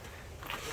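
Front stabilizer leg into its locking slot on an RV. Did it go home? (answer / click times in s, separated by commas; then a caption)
yes / 0.5 s. The front stabilizer leg of a 1996 Tioga motorhome is lowered, fitted into its locking slot at the back, and pressed until it locks into place. A low, steady rustle gives way to a single sharp click at 0.5 s, followed by brief crunchy scraping. The leg locks in, and the lock is confirmed right after the click.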